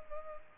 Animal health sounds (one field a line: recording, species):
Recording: mosquito wingbeat signal from an infrared sensor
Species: Culex pipiens